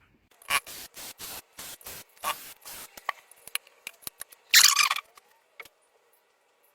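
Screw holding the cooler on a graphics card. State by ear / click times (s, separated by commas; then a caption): stripped / none. A screwdriver works at the screw holding the cooler on a Yeston RX6800XT graphics card, scraping and slipping in the screw head in a run of rasping strokes from about 0.5 to 2.8 s. Sharp ticks follow between 3.1 and 4.2 s, then a louder harsh scrape around 4.5 to 5.0 s. The screw head is stripped and hard to get out, and nothing has seated or clicked yet.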